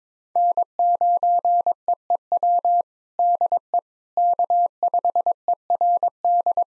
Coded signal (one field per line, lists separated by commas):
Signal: Morse code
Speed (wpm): 22 wpm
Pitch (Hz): 700 Hz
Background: none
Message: N9EEW DE K5ERD